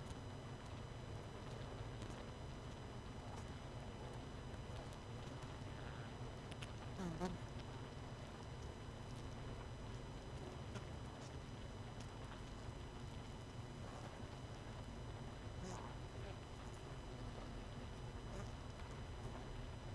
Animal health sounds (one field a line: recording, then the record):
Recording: honeybee colony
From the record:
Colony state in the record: missing queen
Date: 31 May 2018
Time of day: 21:14